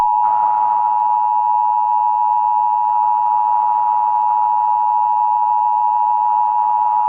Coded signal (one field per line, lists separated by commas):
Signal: Emergency Alert System (SAME) tones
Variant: 853 and 960 Hz attention tone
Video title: EAS - new font test